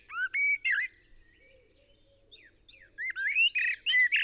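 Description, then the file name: Eurasian blackbird song: two short mellow whistled phrases, a quiet gap with thin high notes, then a longer warbling phrase with squeaky high endings. "Turdus merula"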